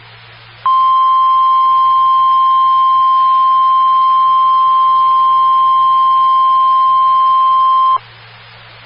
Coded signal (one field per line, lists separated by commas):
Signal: Emergency Alert System (SAME) tones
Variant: 1050 Hz attention tone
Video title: 2013-05-19 - WX9MCS 147.255 MHz SKYWARN Repeater